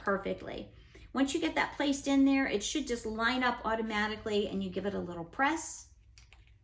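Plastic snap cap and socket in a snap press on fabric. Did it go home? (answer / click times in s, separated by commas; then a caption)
yes / 6.2 s. Someone talks while a plastic snap's cap prong, seated in a socket piece on fabric, is set in a snap press. The press gives a short, sharp snap at 6.2 s with fainter ticks just after. The prong is flattened, which holds the snap in place.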